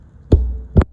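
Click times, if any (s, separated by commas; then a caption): 0.3 s, 0.8 s. A torque wrench is turned on a motorcycle clutch assembly bolt until it reaches its set point. Two sharp clicks are heard at 0.3 s and 0.8 s over a low hum, each with a broad burst of energy and a brief low-frequency thump. The wrench clicks at its setting, confirming the bolt is torqued.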